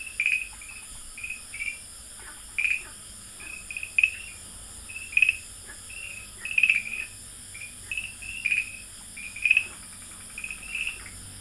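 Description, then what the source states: Farmland green tree frog calling: short chirping notes in quick clusters, about a second apart. Recorded at Dalin, 30 May 2009.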